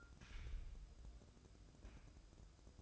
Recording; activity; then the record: daily activity, microphone in the room; take from stove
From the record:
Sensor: 2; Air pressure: 1008.0 hPa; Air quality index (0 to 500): 110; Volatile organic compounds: 1 ppm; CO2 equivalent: 825 ppm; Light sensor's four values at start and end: 6/15/6/6 and 6/15/6/6